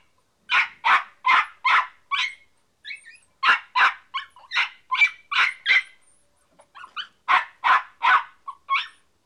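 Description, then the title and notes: Dog barking in runs of several barks, broken by brief pauses and a few shorter, higher notes. "NHK Sound Effects Collection - 3-Frogs, Crickets, Cicadas, Horses, Dogs. NHK効果音集 - 3-カエル・虫・セミ・ウマ・イヌ"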